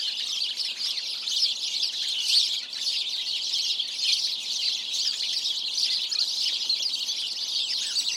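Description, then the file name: House sparrow chirps in a dense, continuous chorus of many overlapping high chirps, with no pauses. "Passer domesticus"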